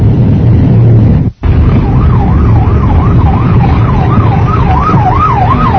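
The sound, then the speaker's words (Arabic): Steady road traffic rumble of nine o'clock traffic congestion fills the scene as a wailing siren rises and falls in a regular, fast oscillation over it, with a brief dropout in the sound early on. “في زحمة، في زحمة الساعة 9 الآن، هذا هو في زحمة.”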